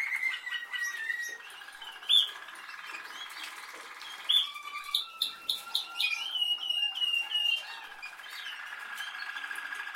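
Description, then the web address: Canary song mixing rolling trills, sharp chirps and bright rapid warbles. "Canari Seda Canari"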